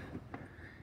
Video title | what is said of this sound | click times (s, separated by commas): Headlight bulb change on 2011 GMC terrain, detailed tutorial | usually you'll hear a little click on the connector | 0.3 s